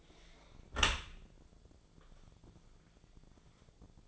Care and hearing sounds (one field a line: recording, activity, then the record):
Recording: daily activity, microphone in the room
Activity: close dishwasher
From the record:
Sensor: 5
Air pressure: 1000.6 hPa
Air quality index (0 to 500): 150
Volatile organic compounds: 2 ppm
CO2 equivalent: 1156 ppm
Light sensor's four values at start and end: 40/91/39/42 and 41/92/40/43